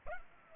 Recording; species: mosquito wingbeat signal from an infrared sensor; Culex pipiens